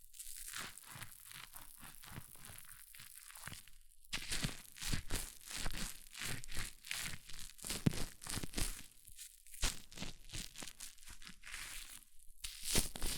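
Hair mousse fizzes and crackles in a dense, continuous hiss of tiny bright pops. The first four seconds are softer and finer; after that the crackling grows louder and coarser, with irregular bursts and brief dips, ending in a few sharper snaps.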